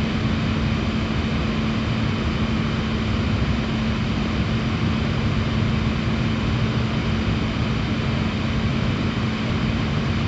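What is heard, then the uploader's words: Pink noise runs for the full ten seconds, a dense, even rush with no gaps and an unchanging level. It leans toward the low, rumbling side, with a faint steady hum beneath it, and the very top is dulled, like an engine cabin's roar. Pink Noise.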